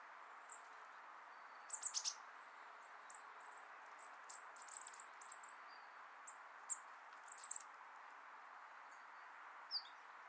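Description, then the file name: Eurasian blue tit calls, high thin notes in short scattered bursts, some quick runs of several notes, over a steady background hiss. "Cyanistes caeruleus"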